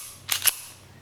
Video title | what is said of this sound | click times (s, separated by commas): Ruger LCP MAX 380 pistol over view | snap right in | 0.3 s